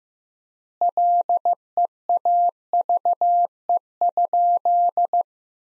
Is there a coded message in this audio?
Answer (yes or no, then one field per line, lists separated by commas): yes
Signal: Morse code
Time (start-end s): 0.8-5.2 s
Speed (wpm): 15 wpm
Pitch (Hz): 700 Hz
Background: none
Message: LEAVE?